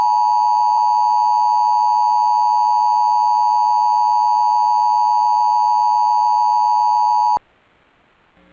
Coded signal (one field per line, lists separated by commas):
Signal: Emergency Alert System (SAME) tones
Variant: 853 and 960 Hz attention tone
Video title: (EAS #56) (Suddenlink / Optimum) Required Monthly Test For Ohio (2/14/2024)